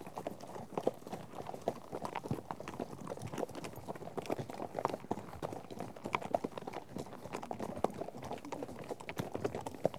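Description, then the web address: Horses: a continuous dense patter of many hooves moving together. A herd of horses out on trek. "BBC Sound Effects Library - Horses Herd of horses out on trek"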